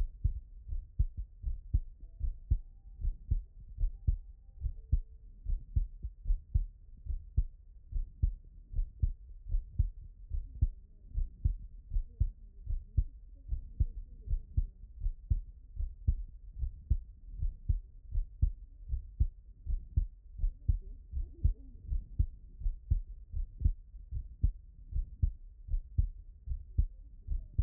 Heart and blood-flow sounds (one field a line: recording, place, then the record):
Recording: heart sounds by stethoscope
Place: pulmonary valve (PV)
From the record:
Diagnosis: non-HFrEF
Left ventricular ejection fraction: 63%